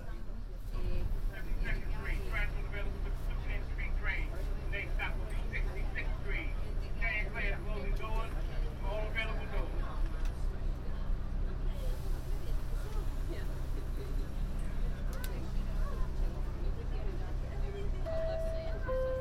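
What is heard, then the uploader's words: Inside a moving subway train, a constant low rumble and steady hum from the car underlie the whole stretch. Voices of passengers talk over it, busiest through the first half, and a brief high squeal or tone from the train surfaces near the end. A binaural field recording on the downtown local 1 train, from Harlem 125th to 23rd Street.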